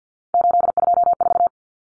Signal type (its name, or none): Morse code